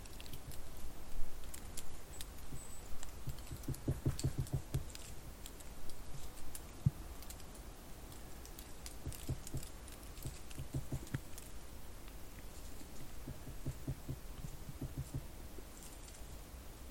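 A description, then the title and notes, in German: A woodpecker's tree heard up close from the trunk itself: dry taps and knocks come in uneven clusters, with quicker runs of pecking around four to five seconds and again near ten. Dull low thuds sit beneath a faint constant hiss, and the activity thins toward the end. Ein Ohr am Baum des Spechts II. War ein Schild zum Bärenbrünnlein. Dort eine Buche und auf dieser ein Rotspecht, der nichts dagegen hatte.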